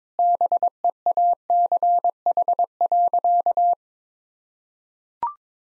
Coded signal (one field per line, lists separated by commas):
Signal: Morse code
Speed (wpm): 22 wpm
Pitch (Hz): 700 Hz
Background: none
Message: BEACH.